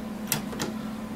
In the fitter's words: clicks into place what doesn't get any easier than that